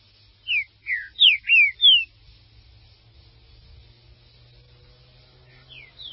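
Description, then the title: Green-winged saltator song: five quick descending whistled notes in a tight phrase, silence, then faint notes at the end. "Trinca Ferro"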